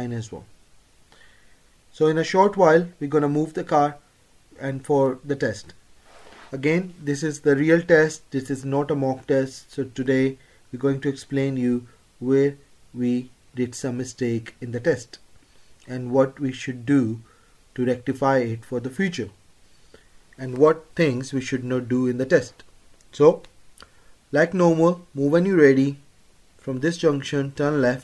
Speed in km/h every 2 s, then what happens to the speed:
2, 2, 0, 0, 0, 0, 0, 0, 3, 8, 10, 10, 10, 6.
0-15 standing. 15-19 pulls away to 10. 19-28 steady at about 10.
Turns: none.